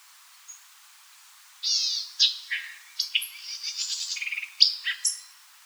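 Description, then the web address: White-eyed Vireo delivering one loud, complex phrase after a brief silence: a buzzy note, snappy chips, a quick rattle and sharp closing notes. Recorded 4 January 2007. "White-eyed Vireo 2007 01 04"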